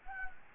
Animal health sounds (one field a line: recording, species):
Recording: mosquito wingbeat signal from an infrared sensor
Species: Anopheles gambiae